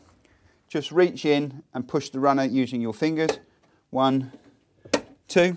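On a Cooke and Lewis 2016 Premium Plus drawer, the bottom drawer box sits on pre-extended runners, and one runner is pushed by hand with the fingers until it clicks into the drawer box. Someone talks throughout, and a single sharp click at 4.9 s marks the runner locking into the drawer box, seating it.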